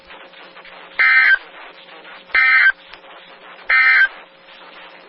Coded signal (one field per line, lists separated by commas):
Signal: Emergency Alert System (SAME) tones